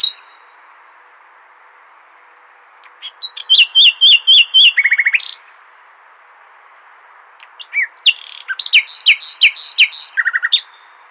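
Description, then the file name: Common nightingale song: a phrase of rapid, repeated sharp notes ending in a dry trill, a pause, then a second burst of varied chirps and buzzy rattles. "Luscinia megarhynchos"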